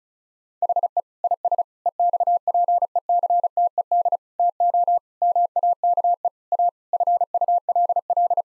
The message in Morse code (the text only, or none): HE IS EXPECTED TO MAKE A FULL